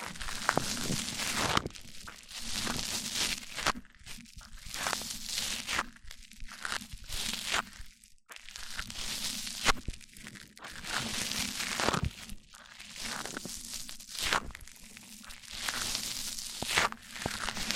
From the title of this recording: MIC ON MIC Triggers